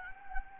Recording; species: mosquito wingbeat signal from an infrared sensor; Anopheles gambiae